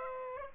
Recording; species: mosquito wingbeat signal from an infrared sensor; Aedes aegypti